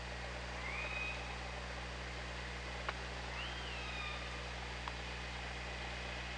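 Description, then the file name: Killer whale whistles, two thin rising-and-falling tones over steady hydrophone hiss and low humming bands, with a couple of sharp clicks. Recorded on the OrcaLab hydrophone, 24 August 2017, around 19:06. "Orca Lab UTLN JASON 20170824 190632"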